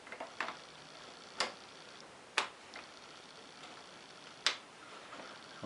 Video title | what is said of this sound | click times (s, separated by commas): Polaris 400L 4X4 | Like so. Once you hear the clicks, you're there. | 2.4 s, 4.5 s